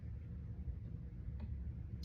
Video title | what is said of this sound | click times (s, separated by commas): Microscope part 1 | Till it clicks. It'll click into position. | 2.0 s